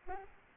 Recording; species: mosquito wingbeat signal from an infrared sensor; Aedes albopictus